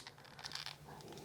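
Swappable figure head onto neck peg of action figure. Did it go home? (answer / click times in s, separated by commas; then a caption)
partly / 0.6 s. A replacement head is pressed onto the neck peg of a plastic Super7 Megatron Ultimate action figure, with the large back-mounted cannon getting in the way. Several short plastic clicks and handling taps are heard, the loudest at 0.6 s. The head ends up only partly on, not all the way in.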